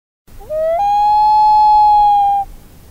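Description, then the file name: Common loon wail, a clear, pure tone that slides upward and then holds steady for nearly two seconds before cutting off. "Gavimm"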